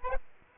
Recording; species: mosquito wingbeat signal from an infrared sensor; Aedes aegypti